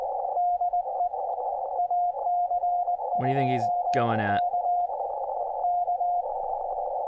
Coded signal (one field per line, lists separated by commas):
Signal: Morse code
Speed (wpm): 20 wpm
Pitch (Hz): 710 Hz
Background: speech, radio noise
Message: DE AC2K K